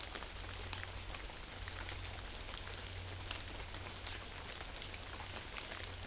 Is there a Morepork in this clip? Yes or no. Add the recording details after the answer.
no. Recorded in New Zealand on 11 September 2013. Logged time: 02:19. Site Ponui